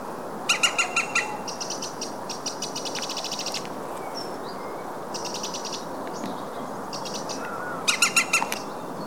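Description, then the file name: European green woodpecker giving short bursts of fast, ringing, evenly spaced notes, several series throughout, over steady background hiss with faint other bird calls. "zold kullo hangja"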